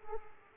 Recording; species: mosquito wingbeat signal from an infrared sensor; Aedes aegypti